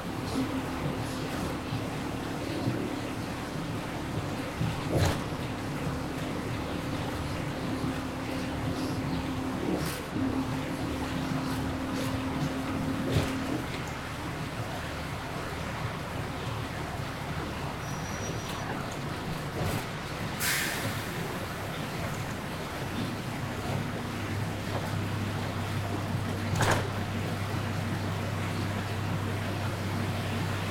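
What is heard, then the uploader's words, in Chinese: A city bus rolls out of town in the rain, its engine humming steadily, with occasional clunks around five, ten, twenty and twenty-seven seconds. 雨天的出城公交。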